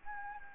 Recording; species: mosquito wingbeat signal from an infrared sensor; Anopheles gambiae